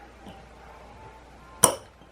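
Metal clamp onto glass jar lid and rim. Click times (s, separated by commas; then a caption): 1.6 s. A metal clamp is pressed onto the glass lid and rim of a glass-topped jar, giving its second snap as a sharp, bright click at 1.6 s against a quiet background. After this second snap the clamp is fully seated and the lid is secure.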